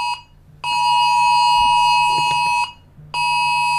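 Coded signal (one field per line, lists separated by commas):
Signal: Emergency Alert System (SAME) tones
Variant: 853 and 960 Hz attention tone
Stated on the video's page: Fictional EAS scenario.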